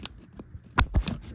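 A plastic pull handle for an Allen and Roth blackout window shade is hooked over the lip of the shade's lower edge and snapped on. A few small ticks and rustles lead to a sharp, loud click at 0.8 s, followed by softer clatters. The handle is seated on the bottom rail.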